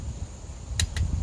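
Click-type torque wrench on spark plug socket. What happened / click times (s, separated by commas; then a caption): Torque wrench clicks at its set torque / 0.8 s, 1.0 s. A click-type torque wrench set to 18 ft-lb (25 Nm), fitted with a socket adapter, is pulled on an already tightened NGK Laser Iridium (ILR5T11) spark plug that replaces an OEM Denso plug in a Scion tC2/tC2.5. Over a low background rumble, it gives two sharp clicks at 0.8 s and 1.0 s, confirming the plug is torqued properly.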